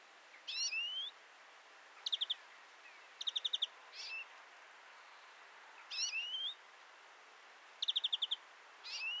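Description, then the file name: European greenfinch giving rising twanging calls and fast trills of ticking notes, mixed every one to two seconds against a faint hiss. "Chloris chloris"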